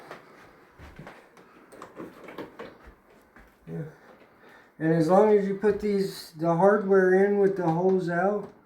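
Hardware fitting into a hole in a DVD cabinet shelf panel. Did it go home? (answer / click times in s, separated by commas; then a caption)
no / none. A small piece of assembly hardware for a rotating DVD cabinet is handled near its hole in the shelf panel, with the hole facing out, producing a few faint, short knocks and taps in the first three seconds. Someone then talks over the rest of the clip. Nothing has seated or snapped into place yet.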